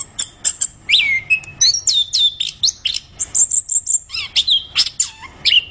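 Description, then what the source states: Orange-headed thrush song of short, bright whistled phrases and high chips given in quick bursts, with a few descending slurs and rising squeaks. Singing vigorously and constantly.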